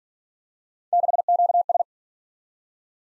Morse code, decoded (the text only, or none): 6QS